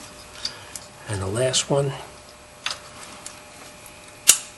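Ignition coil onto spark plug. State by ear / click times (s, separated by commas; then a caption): seated / 4.3 s. The last ignition coil is pushed onto its spark plug on a 2011 Toyota Tacoma. Someone talks, a few light ticks follow, and then a loud, sharp snap at 4.3 s shows the coil has seated and locked in.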